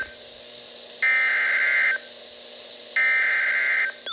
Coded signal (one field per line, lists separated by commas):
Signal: Emergency Alert System (SAME) tones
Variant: header bursts